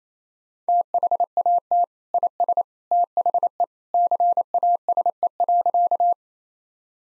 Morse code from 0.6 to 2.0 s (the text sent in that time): THAT